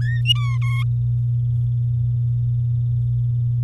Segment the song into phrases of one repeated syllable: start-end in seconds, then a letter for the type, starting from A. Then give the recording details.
0.01-0.21 A, 0.25-0.57 B, 0.62-0.83 C. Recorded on 6 May 2018 at 05:36. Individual llb16